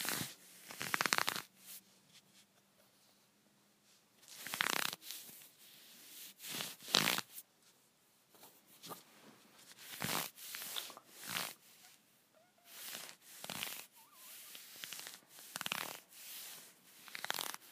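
Scratchy leggings rub in quick, uneven bursts of bright rustling and swishing, with short pauses between strokes throughout and a faint low hum early on.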